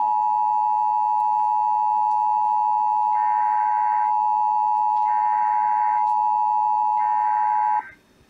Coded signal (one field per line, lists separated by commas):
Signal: Emergency Alert System (SAME) tones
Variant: 853 and 960 Hz attention tone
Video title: AM/FM, TV (EAS # 445-446 TN) Required Monthly Test